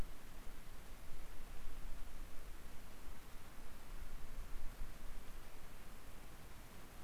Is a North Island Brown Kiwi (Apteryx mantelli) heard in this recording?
no